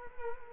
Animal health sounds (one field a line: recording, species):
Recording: mosquito wingbeat signal from an infrared sensor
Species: Culex quinquefasciatus